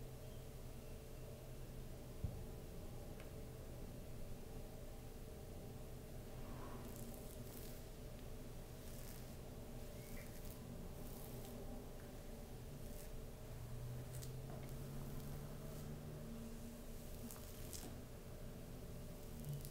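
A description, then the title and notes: Slow, gentle scratching on a back with soft fabric rustles, running steadily for the whole stretch. A low, even hum sits underneath, with brighter scratchy strokes clustering from about seven to eighteen seconds and a single sharp tap near two seconds. Slow, gentle back scratch with fabric sounds no whisper.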